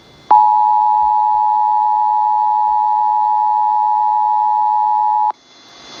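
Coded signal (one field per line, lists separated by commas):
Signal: Emergency Alert System (SAME) tones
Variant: 853 and 960 Hz attention tone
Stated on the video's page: Relayed Required Weekly Test from KDKA, including the WAHC/EZ relay.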